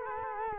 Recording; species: mosquito wingbeat signal from an infrared sensor; Culex quinquefasciatus